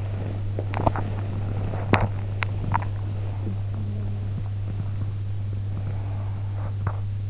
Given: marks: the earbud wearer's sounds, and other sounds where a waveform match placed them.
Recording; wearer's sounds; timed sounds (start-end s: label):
sounds in sleep by an in-ear microphone; teeth grinding, body movement, breath
0.55-1.05 s: teeth grinding
1.13-2.31 s: body movement
1.78-2.13 s: teeth grinding
2.37-2.91 s: teeth grinding
3.39-4.46 s: sound from someone else or the room
5.64-6.76 s: breath
6.78-7.14 s: teeth grinding